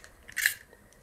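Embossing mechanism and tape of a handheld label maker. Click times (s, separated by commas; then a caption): 0.5 s. A handheld label maker's embossing mechanism and plastic label tape are squeezed again after the tape is carefully pulled, following a first press that gave no click. A few small ticks lead into a short crunchy burst, with a clear click at 0.5 s. The embosser clicks on this second squeeze.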